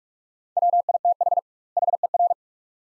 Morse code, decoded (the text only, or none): WITH HER